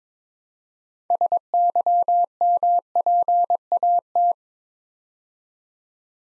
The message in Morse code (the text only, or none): SYMPAT